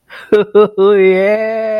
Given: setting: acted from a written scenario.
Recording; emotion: vocal sound without words; elation